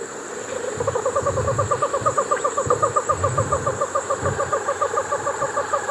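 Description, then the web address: Bird song: a long, fast series of low hooted notes, about three or four per second, steady in pitch, over a constant hiss and some low rumbling. Bird in Ecuador, South America. "Natures Songs S America Birds of Ecuador"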